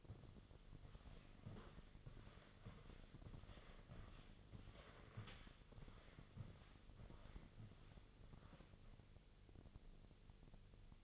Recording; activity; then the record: daily activity, microphone in the room; walk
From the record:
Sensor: 4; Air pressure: 1001.3 hPa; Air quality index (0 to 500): 175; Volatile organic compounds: 2 ppm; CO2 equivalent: 1256 ppm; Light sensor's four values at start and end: 14/33/13/14 and 14/33/13/14